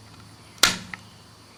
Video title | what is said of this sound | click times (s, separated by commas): 1991 Mercedes-Benz 420 SEL Power Window Repair (The Other Side) | And the switch just pops into place | 0.6 s